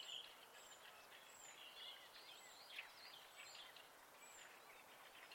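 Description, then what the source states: Soft bird song, chattering and warbled phrases overlapping, topped by thin high falling notes repeated about once a second, with a hissy background. Recorded at night in spring.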